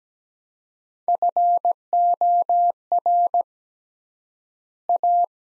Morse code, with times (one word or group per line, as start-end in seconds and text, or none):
1.1-3.4 FOR
4.9-5.2 A